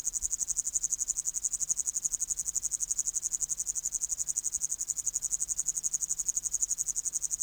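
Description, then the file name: Upland green bush-cricket giving a sustained, very high, rasping trill with steady, rapid rhythmic pulsing. "Tettigonia cantans"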